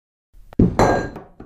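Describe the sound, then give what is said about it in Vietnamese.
A burst of clattering and crashing objects in a hospital room: a sharp bang, then a loud metallic, jangling crash that rings briefly, followed by a smaller clink at the end. “Nương theo tiếng thét chói tai của cô ấy, còn có tiếng loảng xoảng của đồ vật.”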